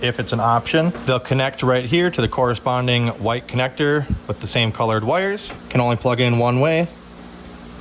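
Someone talks while holding the white plastic harness connector of a tow mirror up to the matching white connector, with the same colored wires, inside the door of a 2003-2007 GM truck; the connector only plugs in one way. Nothing has seated or clicked in yet when the clip ends, leaving a quiet low background hiss after the talking stops.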